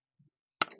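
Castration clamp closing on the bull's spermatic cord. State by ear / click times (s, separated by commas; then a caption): seated / 0.6 s. A castration clamp is closed on a bull's spermatic cord during castration until it locks shut. A faint low thump comes around 0.2 s, then a loud, sharp metallic click at 0.6 s followed by a short ringing tail, as the clamp locks.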